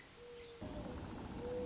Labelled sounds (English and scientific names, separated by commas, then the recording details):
Mourning Dove (Zenaida macroura)
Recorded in Sonoma County, California